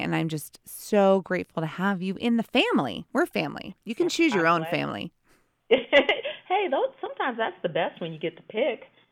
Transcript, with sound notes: And I’m just so grateful to have you in the family. We’re family, you can choose your own family [laughs]
Hey, though, sometimes that’s the best when you get to pick.